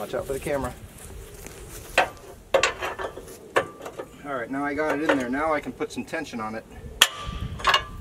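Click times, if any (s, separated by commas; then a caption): 7.0 s. While someone talks, a steel rear outrigger leg on a portable Wood-Mizer sawmill frame, shimmed with a second board, is put under tension, with a few knocks around 2.0, 2.6 and 3.6 s. It locks into place with a loud metallic click at 7.0 s, and the outrigger is seated.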